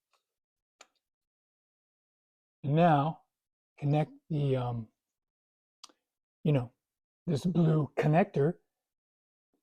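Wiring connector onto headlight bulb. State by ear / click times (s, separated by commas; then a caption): not seated / none. A blue wiring connector is being handled for the headlight bulb base on a 2005–2010 Chevy Cobalt while someone talks. Two faint, sharp ticks come at about 0.8 s and 5.8 s. The clip ends just before the connector goes home, so nothing has seated or clicked yet.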